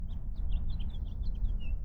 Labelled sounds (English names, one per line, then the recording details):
House Finch song
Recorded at Lawrence on Long Island, New York, on 4 June 1975
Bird C